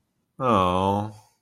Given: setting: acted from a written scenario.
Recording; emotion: vocal sound without words; disappointment